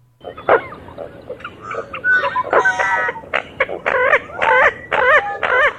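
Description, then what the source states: Common Gallinule cackling, a run of clucking notes that grows louder and more ringing into a steady repeated series of sharp, wavering calls. Nasal, high-pitched, inquisitive-sounding cackle, sharper and higher than the American coot's, with sharp keck notes; played first in a side-by-side comparison with the American coot for marsh bird survey training.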